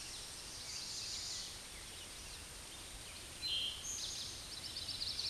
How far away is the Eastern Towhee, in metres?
about 25 m